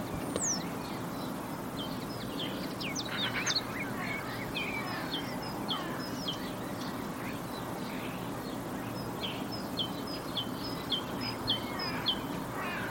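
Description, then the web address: Bird: a falling whistle opens, then many short sharp high chirps and brief trills, fairly evenly spread, over steady background hiss. "Bird Only"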